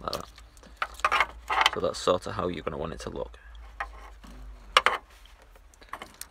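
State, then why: Seated. A plastic wiring harness adapter plug is lined up by its clip and pushed into the mating radio connector during a Ford Transit MK6 head unit upgrade from the 6000CD to a Pure Highway H250S DAB unit. Sharp clicks at 0.8 s and 1.1 s mark the plug clipping into place, and someone talks throughout. The connector ends up seated and secure.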